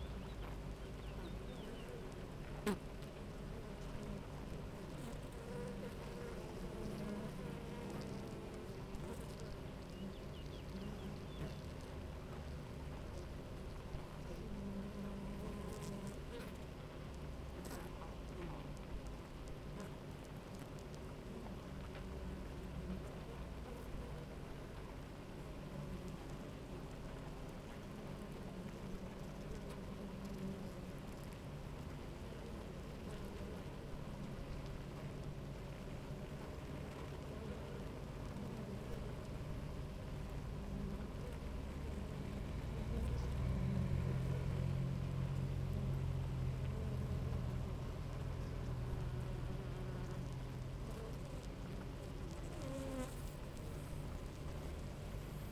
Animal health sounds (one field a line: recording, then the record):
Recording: honeybee colony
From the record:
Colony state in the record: active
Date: 28 July 2017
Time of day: 9:57